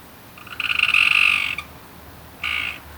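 Frog croaks: a long buzzy, nasal croak lasting about a second, then a shorter one after a pause, over a quiet background.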